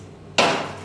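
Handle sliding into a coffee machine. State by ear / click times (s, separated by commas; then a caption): seated / 0.4 s. A handle is slid along a coffee machine until it locks home with a loud, sharp click at 0.4 seconds, after quiet low background hum. The click rings out broadly and fades over the next half second, and the handle is seated in place.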